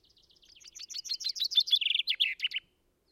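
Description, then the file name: Common chaffinch song: a rapid series of sharp notes that grows louder, drops into a rattling trill and ends in a brief emphatic flourish. "Fringilla coelebs"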